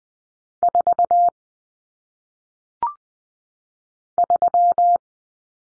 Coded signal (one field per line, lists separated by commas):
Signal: Morse code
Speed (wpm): 20 wpm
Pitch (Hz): 700 Hz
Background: none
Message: 4 3